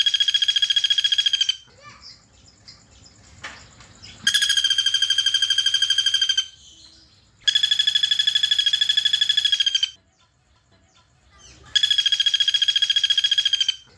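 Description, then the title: Streaked spiderhunter song in four loud bursts of rapid, rattling notes, each lasting about two seconds, with quiet spells and faint twittering in between. Singing vigorously with a clear, long song, used to tutor cage birds. "Pijantung Gunung Gacor Jernih Panjang"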